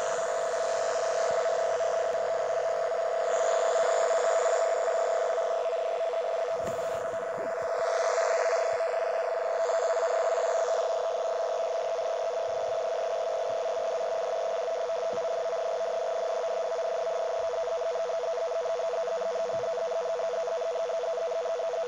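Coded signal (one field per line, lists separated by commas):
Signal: NAVTEX (SITOR-B)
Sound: continuous fast warbling two-tone chirping data, steady throughout, under hiss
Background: radio static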